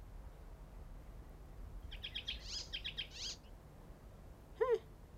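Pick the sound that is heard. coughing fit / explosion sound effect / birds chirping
birds chirping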